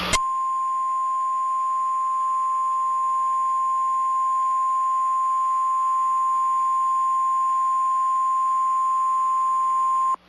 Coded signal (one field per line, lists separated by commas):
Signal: Emergency Alert System (SAME) tones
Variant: 1050 Hz attention tone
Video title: Mini EAS Scenario: Tom loses his mind (A SHORT FUNNY EAS SCENARIO)